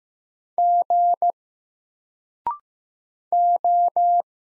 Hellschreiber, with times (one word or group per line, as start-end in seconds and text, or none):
none